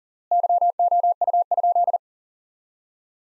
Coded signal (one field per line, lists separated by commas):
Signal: Morse code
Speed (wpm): 37 wpm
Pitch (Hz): 700 Hz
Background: none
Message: YOU?